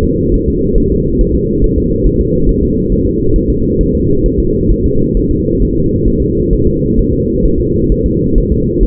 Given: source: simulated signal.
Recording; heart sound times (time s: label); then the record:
fetal heart sounds
0.04 s: S2
0.34 s: S1
0.48 s: S2
0.78 s: S1
0.92 s: S2
1.21 s: S1
1.35 s: S2
1.64 s: S1
1.78 s: S2
2.06 s: S1
2.21 s: S2
2.49 s: S1
2.63 s: S2
2.92 s: S1
3.06 s: S2
3.36 s: S1
3.50 s: S2
3.81 s: S1
3.95 s: S2
4.26 s: S1
4.40 s: S2
4.72 s: S1
4.86 s: S2
5.17 s: S1
5.31 s: S2
5.62 s: S1
5.76 s: S2
6.08 s: S1
6.22 s: S2
6.53 s: S1
6.67 s: S2
6.99 s: S1
7.13 s: S2
7.45 s: S1
7.60 s: S2
7.92 s: S1
8.06 s: S2
8.38 s: S1
8.52 s: S2
8.83 s: S1
From the record:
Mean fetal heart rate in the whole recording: 135 bpm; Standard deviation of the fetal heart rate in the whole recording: 3 bpm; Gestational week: 36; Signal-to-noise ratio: -15.3 dB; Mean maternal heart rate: 72 bpm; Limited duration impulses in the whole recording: present